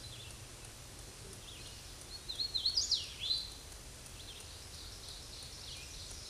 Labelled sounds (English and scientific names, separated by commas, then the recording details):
Hooded Warbler (Setophaga citrina) song
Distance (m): 40 m
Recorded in a Pennsylvania forest on 18 May 2023 at 06:37
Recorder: AudioMoth, point grid1_8_low
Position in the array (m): 134 m, 115 m